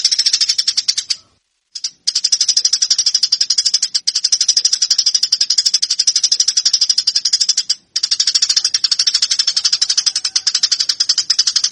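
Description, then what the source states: Eurasian tree sparrow giving an almost continuous fast chatter of harsh chirps, with a few short breaks. Fighting (tarung) sparrow calls.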